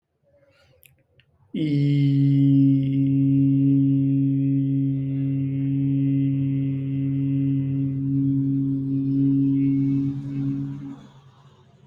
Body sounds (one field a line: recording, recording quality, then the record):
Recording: sustained vowel as in beet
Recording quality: excellent, no background noise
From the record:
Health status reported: COVID-19 positive, mild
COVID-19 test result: positive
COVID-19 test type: RT-PCR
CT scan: not taken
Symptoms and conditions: cough, sore throat, loss of smell and taste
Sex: male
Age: 24 years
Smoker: yes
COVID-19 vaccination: both doses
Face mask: not worn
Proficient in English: yes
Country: India